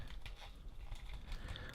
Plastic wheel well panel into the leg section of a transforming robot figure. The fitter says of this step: till it snaps into place.